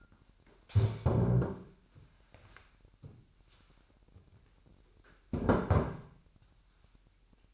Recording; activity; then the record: daily activity, microphone in the room; stand up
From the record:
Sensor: 2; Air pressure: 998.4 hPa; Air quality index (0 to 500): 131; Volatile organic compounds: 3 ppm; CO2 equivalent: 1482 ppm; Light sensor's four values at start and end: 7/17/7/7 and 6/13/5/6